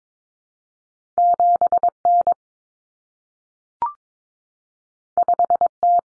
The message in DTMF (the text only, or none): none